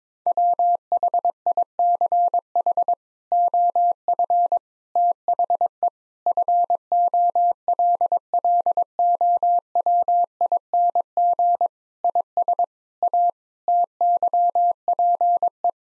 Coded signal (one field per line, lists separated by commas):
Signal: Morse code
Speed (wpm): 22 wpm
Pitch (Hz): 700 Hz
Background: none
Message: WHICH OF THE FOLLOWING IS A TYPE